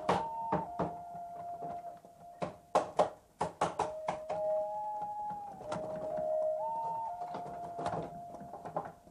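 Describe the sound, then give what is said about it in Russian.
Someone yanks at the stuck top drawer of a dressing table and bangs on the table: sharp knocks and rattling thuds in irregular bursts, some loud clusters, over a steady sustained tone with no talking. “Она дергает его, стучит по столу.”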